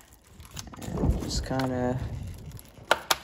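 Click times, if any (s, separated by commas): 2.9 s, 3.1 s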